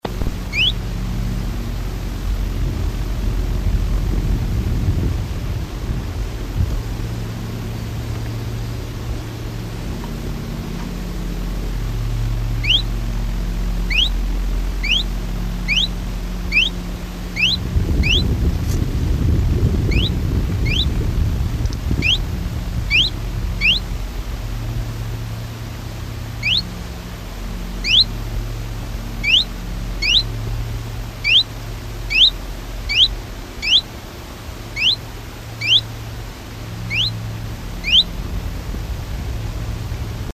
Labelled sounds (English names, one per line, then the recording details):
Common Chiffchaff call
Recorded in the wild
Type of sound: call
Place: Krombachtalsperre, DE
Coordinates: 50.6217, 8.12722
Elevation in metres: 530
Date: 1964-04-25
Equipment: Uher Report 4000, AKG D190
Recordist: Krey, Winfried
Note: Rufe